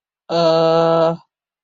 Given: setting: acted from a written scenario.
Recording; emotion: vocal sound without words; confusion